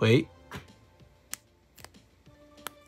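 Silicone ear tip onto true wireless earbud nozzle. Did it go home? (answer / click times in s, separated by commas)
yes / 1.3 s, 2.7 s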